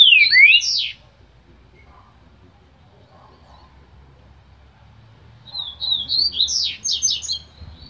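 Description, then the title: Green-winged saltator song: a brief burst of slurred whistles at the start, then a longer, quicker phrase of rising and falling whistled notes after a pause. Singing bird; song labelled as voice type 07. "Canto De Trinca Ferro Voz 07. TRINCA FERRO CANTADOR"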